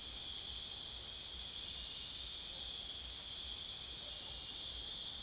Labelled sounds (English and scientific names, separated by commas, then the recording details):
none
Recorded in secondary vegetation near Puerto Asís, Putumayo, Colombia, on 22 June 2025 at 00:00
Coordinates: 0.485, -76.322
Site GP06